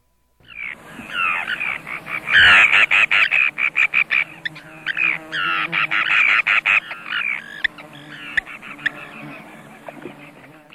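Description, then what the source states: Forster's Tern giving harsh, nasal, buzzy calls in rapid chattering runs, broken by short pauses, with quieter scattered notes near the end. Gives a very harsh nasal call, unlike the Common Tern.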